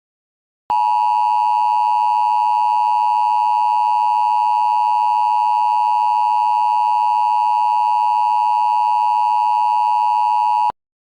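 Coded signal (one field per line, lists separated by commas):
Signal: Emergency Alert System (SAME) tones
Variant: 853 and 960 Hz attention tone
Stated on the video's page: Fictional EAS scenario, not a real alert.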